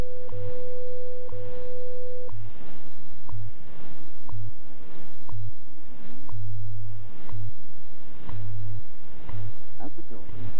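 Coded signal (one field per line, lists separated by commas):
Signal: radio time signal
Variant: WWV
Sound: seconds ticks, two-second steady 500 Hz tone, low humming time-code pulses under static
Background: radio static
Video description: tuning WWV on 15 MHz and using it to adjust the image rejection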